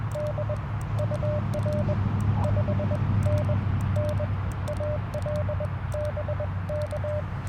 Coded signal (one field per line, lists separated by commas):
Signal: Morse code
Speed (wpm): 16 wpm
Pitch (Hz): 590 Hz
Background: none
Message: D UR 5NN AL BK